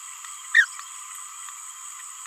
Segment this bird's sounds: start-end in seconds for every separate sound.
0.55-0.65